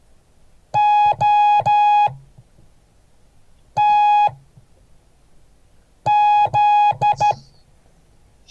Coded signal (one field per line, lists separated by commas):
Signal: Morse code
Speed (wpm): 14 wpm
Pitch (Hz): 830 Hz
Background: none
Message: OTZ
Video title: Morse code class 2023-01-18